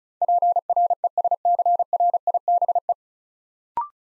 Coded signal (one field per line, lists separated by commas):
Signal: Morse code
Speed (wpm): 36 wpm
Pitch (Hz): 700 Hz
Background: none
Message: PRESCRIBE